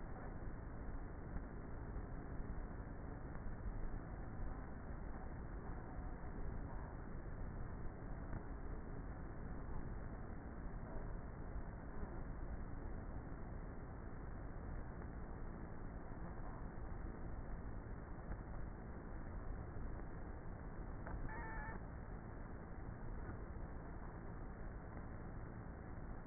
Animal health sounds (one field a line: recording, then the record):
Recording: honeybee colony, microphone inside the hive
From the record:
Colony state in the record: queenless with a low population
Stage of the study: before two queens were removed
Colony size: about 30,000 bees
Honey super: no